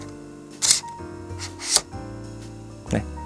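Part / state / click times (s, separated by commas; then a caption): camera quick-release plate into handheld gimbal clamp / seated / 0.7 s, 1.8 s. A camera on its metal quick-release plate is slid into the mounting clamp of a MOZA AIR 2S handheld gimbal. Sharp snaps at 0.7 s and 1.8 s mark the plate clicking in, with a softer knock near 2.9 s over faint background music. The plate is seated and locked in the clamp.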